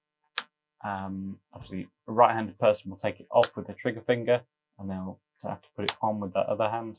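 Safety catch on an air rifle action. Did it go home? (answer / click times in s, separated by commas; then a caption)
yes / 0.4 s. The metal safety catch under the action of a Remington T-Rex PCP air rifle is flicked, giving a single sharp, solid click at 0.4 s as it clicks into position. Someone then talks.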